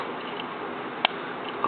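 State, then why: Seated. A plastic cover is pressed onto a Tamiya Mini 4WD AR model car chassis over a steady low hiss. It gives a sharp, bright snap at 1.1 seconds as it seats into place, followed by a softer tick at about 1.6 seconds.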